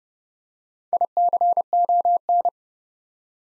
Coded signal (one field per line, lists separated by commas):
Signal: Morse code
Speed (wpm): 28 wpm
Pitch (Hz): 700 Hz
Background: none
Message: ICON